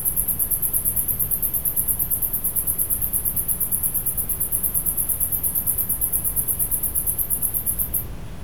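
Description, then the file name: Sword-bearing conehead singing a shrill, fast-ticking buzz held without pause for about eight seconds, then stopping abruptly, with a low background rumble. Recorded in Guelph, Ontario, on 2020-07-26. "Sword-bearing Conehead (Neoconocephalus ensiger) - Guelph, Ontario 2020-07-26"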